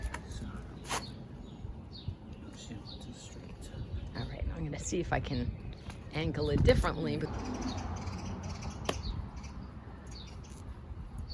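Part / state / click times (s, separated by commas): bicycle tire bead into wheel rim / seated / 8.9 s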